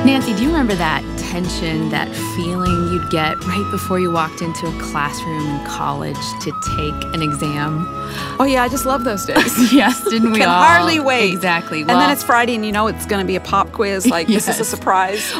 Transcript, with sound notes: Nancy, do you remember that tension, that feeling you would get right before you walked into a classroom in college to take an exam?
Oh, yes, I just loved those days! (laughter)
Didn’t we all?!
I could hardly wait. And then it’s Friday, and you know it’s going to be a pop quiz, “This is a surprise?”